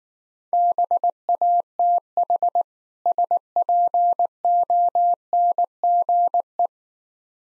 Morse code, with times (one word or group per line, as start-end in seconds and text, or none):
0.5-2.6 BATH
3.1-6.7 SPONGE